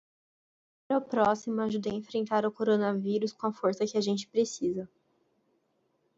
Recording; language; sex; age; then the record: spoken sentence; Brazilian Portuguese; female; 20 to 29 years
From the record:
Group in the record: control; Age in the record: 20 years